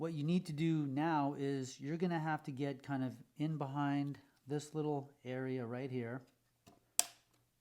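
With the battery removed, someone pries behind the inner plastic cover of a small tracker tag (an AirTag) while talking. At 7.0 s the cover's plastic retaining clip releases with a single sharp click, popping the housing open.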